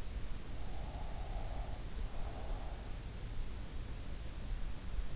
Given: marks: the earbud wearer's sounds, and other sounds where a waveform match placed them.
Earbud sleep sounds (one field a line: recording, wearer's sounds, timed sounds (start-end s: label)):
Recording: sounds in sleep by an in-ear microphone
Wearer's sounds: breath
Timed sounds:
0.15-3.03 s: breath